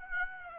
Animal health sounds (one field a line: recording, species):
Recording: mosquito wingbeat signal from an infrared sensor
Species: Aedes aegypti